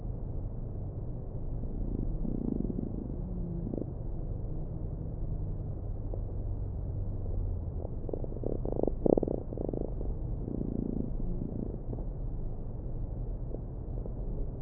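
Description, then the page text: Fruit fly courtship song: soft low hums near the start and end, with a cluster of rapid pulse trains in the middle, over a continuous low rumble. Male fruit fly courtship song sung to attract females during the mating ritual; recorded by neurobiologists in Vienna studying behaviour, published 9 February 2011. "2011-02-09. The love song of a fly. Research Institute of Molecular Pathology (IMP). the mating ritual of the fruit fly"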